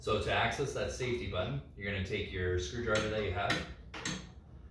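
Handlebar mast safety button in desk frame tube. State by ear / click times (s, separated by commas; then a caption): released / 4.1 s. Someone talks as a screwdriver presses in the spring safety button on a classroom stand-up desk's handlebar mast, set in the desk frame tube. A sharp click is heard at 4.1 s as the button releases the mast so it can be pulled up and out. The safety button keeps students from accidentally pulling the heavy mast all the way up and falling backwards.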